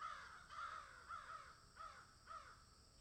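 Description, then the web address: Crow cawing, a run of several harsh, nasal caws about every half second, each slightly falling, over a steady high background hum. "ворона"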